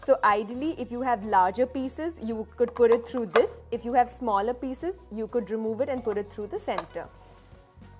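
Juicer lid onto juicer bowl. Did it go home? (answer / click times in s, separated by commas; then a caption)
no / none. Someone talks while handling the plastic lid of a KitchenAid Maximum Extraction Juicer slow juicer, which goes onto the juicer bowl and turns to lock, over quiet background music. The lid has not locked onto the bowl yet, and nothing has seated or clicked.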